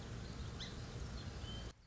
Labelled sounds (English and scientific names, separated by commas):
Song Sparrow (Melospiza melodia)